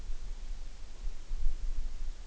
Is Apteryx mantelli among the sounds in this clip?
no